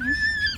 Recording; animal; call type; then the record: contact call of a hoofed animal; Przewalski's horse; whinny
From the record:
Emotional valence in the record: positive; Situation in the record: food anticipation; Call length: 0.57 s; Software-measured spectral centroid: 3000 Hz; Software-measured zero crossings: 4190 a second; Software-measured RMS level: -24 dBFS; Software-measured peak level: -14 dBFS